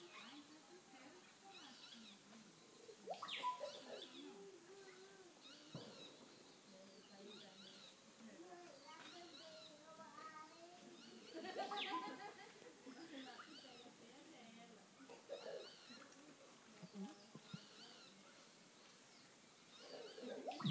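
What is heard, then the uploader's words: Sounds of the Ashaninka village Aldeia: a dense layer of overlapping voices and chatter runs through the whole clip, with bright bird calls and chirps repeating above it. Louder bursts come around three, twelve and twenty seconds, with occasional sharp knocks. Pointsofscience Brazil: sounds of the Ashaninka Village Aldeia by ScienceHouseFdn.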